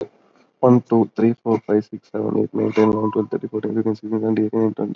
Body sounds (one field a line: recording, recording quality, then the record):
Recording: counting at a fast pace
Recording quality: moderate, slight background noise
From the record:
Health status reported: healthy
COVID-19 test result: negative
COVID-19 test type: RT-PCR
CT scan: taken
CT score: 5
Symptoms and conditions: cough, cold, sore throat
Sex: male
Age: 21 years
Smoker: yes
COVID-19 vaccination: both doses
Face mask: not worn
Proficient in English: yes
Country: India